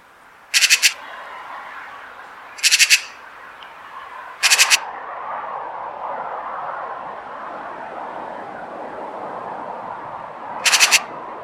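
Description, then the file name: Eurasian magpie chattering in harsh, rasping bursts, three at short intervals and a fourth after a longer pause. "Pica pica"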